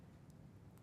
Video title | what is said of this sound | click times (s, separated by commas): MADE Shopping - TV and Digital Streaming featuring Charles & Colvard | it snaps into place see this little tongue wrap the tongue underneath | 0.3 s, 0.8 s